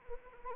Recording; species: mosquito wingbeat signal from an infrared sensor; Anopheles arabiensis